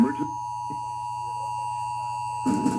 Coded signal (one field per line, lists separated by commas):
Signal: Emergency Alert System (SAME) tones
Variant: 853 and 960 Hz attention tone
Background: speech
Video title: (EAS #214-224) Required Monthly tests from 3/7/2022